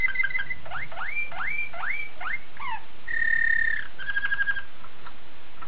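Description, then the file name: Waterslager canary song: a series of rising slurred whistles repeated in a row, then a steady held tone and a short bubbling trill. "suara kenari waterslager"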